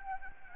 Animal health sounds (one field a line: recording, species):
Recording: mosquito wingbeat signal from an infrared sensor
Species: Anopheles gambiae